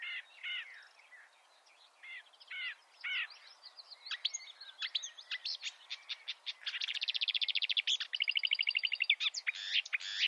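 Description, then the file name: Marsh warbler song of scattered chirps growing into a fast, dense buzzy rattle and rapid trilled phrases toward the end. "suara kicauan burung marsh warbler. omkicau"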